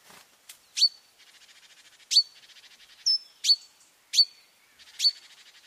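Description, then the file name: Great tit calls: loud sharp high chips roughly every second, with soft rapid ticking notes between them. "Parus major"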